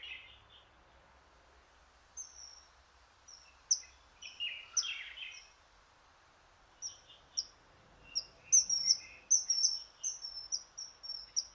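Bird song: sparse high chirps, a brief lower fluttering trill in the middle, then a run of thin high notes.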